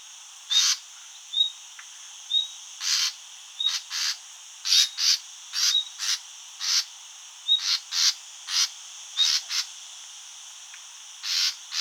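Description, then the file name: Common nightingale giving repeated harsh, rasping notes, some in pairs, among brief thin high whistled notes. "Luscinia megarhynchos"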